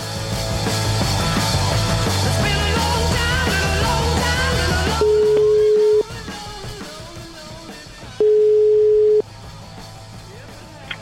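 After a stretch of busy music, a phone's ringback tone sounds twice on a call to Fede's mobile phone: two loud, steady, mid-pitched tones about a second long each, separated by a pause with a quiet background.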